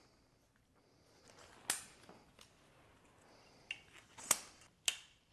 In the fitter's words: and you can hear them snap into place